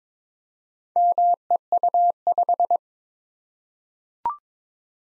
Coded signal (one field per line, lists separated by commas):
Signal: Morse code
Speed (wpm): 22 wpm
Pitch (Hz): 700 Hz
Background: none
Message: MEU5